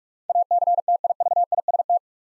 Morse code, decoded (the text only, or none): ACTIVIST